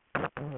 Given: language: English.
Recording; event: throat vibration sensor signal played as sound; throat clearing